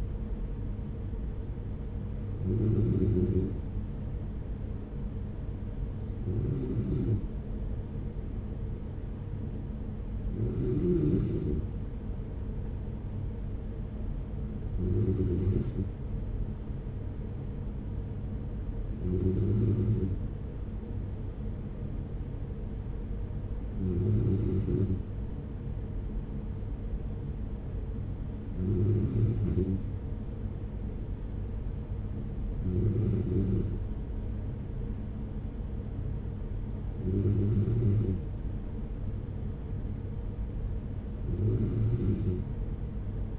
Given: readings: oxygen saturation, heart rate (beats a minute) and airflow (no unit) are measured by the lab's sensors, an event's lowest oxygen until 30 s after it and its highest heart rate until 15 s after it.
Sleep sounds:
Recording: breathing in sleep by a smartphone at the bedside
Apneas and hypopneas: none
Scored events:
none scored
From the record:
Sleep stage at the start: N3 (deep sleep)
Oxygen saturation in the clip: 94 to 95%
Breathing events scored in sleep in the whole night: 210 in 6.9 hours asleep

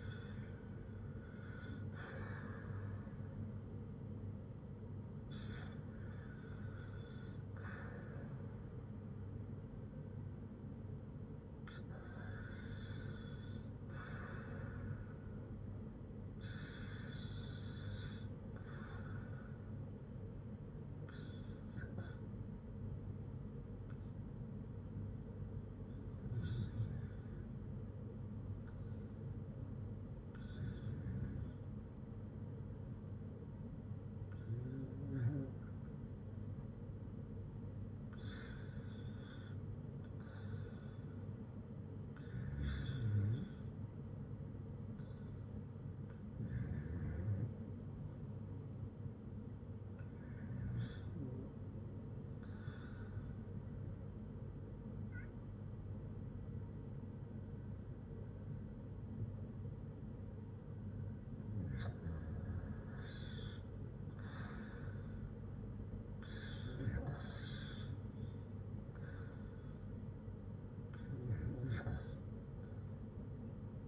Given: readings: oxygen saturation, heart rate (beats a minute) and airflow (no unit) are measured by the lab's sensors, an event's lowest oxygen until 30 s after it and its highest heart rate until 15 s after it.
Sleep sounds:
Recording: breathing in sleep by a smartphone at the bedside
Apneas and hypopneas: 1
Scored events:
24.00-61.80 s: hypopnea (REM, oxygen 97% highest, then 92% lowest, heart rate 58 at the start, 61 highest)
From the record:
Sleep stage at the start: REM sleep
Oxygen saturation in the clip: 88 to 97%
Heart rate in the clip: 56 to 63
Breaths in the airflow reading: 16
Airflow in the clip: -5.5 to 4.8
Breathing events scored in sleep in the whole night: 182 in 7.4 hours asleep

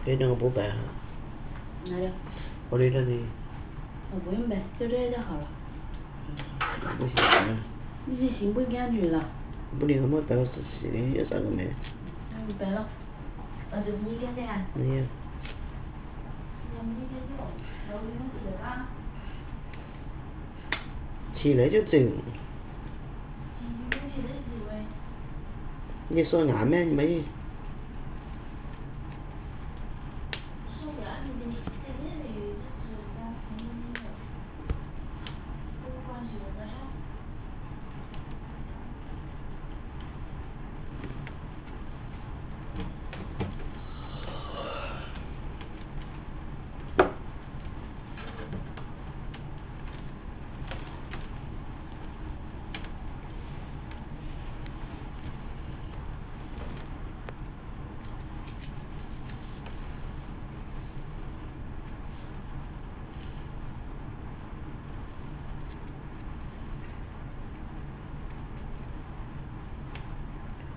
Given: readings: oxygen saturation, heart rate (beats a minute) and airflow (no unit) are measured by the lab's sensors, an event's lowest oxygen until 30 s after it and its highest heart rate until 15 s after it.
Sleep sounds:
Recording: a person awake in a sleep study, by a smartphone at the bedside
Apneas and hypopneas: none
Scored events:
0.00-70.77 s: awake
0.00-70.77 s: awake
From the record:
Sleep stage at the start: awake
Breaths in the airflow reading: 23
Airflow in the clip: -0.9 to 0.9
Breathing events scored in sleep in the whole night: 328 in 6.3 hours asleep

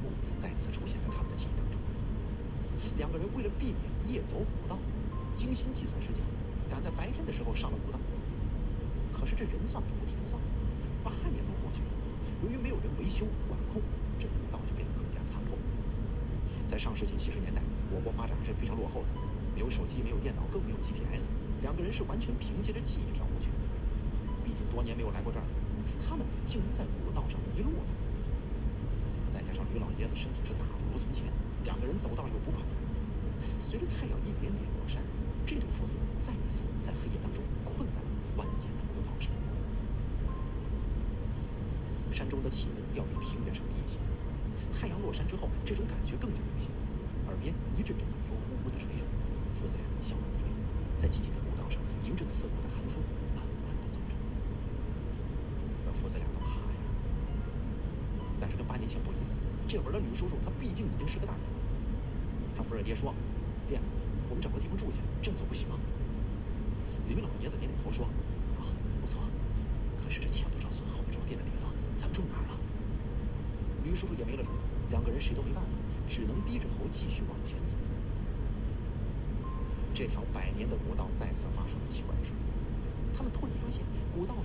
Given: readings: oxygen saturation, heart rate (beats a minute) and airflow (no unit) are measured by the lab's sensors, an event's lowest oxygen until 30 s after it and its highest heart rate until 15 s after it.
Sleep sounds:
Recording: a person awake in a sleep study, by a smartphone at the bedside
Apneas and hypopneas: none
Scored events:
0.00-84.45 s: awake
From the record:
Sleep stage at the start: awake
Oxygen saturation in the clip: 93 to 94%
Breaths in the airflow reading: 30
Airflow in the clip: -1.3 to 2.0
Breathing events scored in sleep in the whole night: 335 in 6.7 hours asleep

